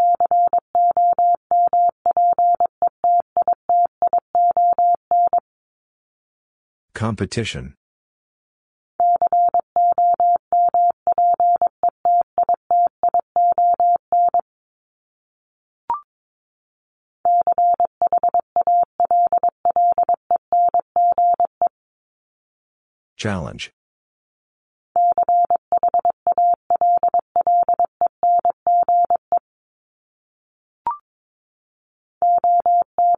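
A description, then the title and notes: A steady mid-pitched Morse tone taps out rapid, even dots and dashes in bursts, broken by two brief scratchy noise bursts and faint clicks. Top 751-1000 Words 22wpm. First, the word is sent in Morse code.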